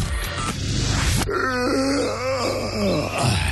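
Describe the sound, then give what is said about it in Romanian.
A long, drawn-out yawn with a voiced, groaning tone that rises and then sags over about two seconds, following a brief burst of noisy breath at the start. “Căscatul e contagios, băi.”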